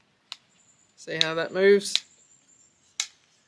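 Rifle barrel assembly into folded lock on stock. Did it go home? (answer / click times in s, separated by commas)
yes / 3.0 s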